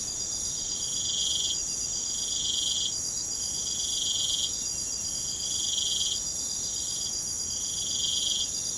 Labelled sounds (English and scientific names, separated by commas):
none